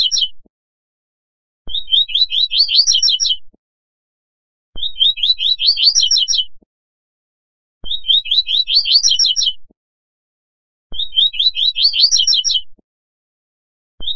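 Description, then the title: Double-collared seedeater singing a rapid, twittering phrase of bright high notes that rise slightly, repeated at steady three-second intervals throughout, with quiet gaps between. "Canto Coleiro"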